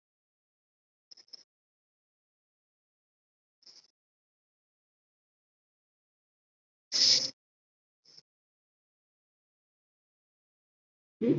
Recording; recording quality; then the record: deep breathing; excellent, no background noise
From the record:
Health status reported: COVID-19 positive, moderate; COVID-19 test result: positive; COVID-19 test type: RT-PCR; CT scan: not taken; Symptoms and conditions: cough, cold, breathing difficulty, sore throat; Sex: female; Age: 51 years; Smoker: no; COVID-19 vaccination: both doses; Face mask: worn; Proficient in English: yes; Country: India